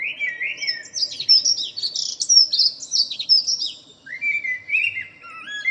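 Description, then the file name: Common blackbird song: brief fluty notes, then a long burst of high, scratchy twittering that runs into lower fluty warbled notes near the end. "Turdus merula"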